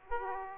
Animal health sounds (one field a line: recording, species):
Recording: mosquito wingbeat signal from an infrared sensor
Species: Aedes aegypti